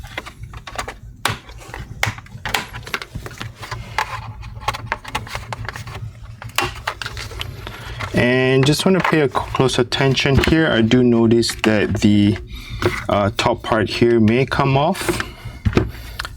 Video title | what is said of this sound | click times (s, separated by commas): Eluktronics Prometheus XVII Inside Review Upgrade | So, when I try to pry it open, you can hear that little clicking sound, which is normal. | 1.3 s, 2.0 s, 4.0 s, 4.9 s, 6.6 s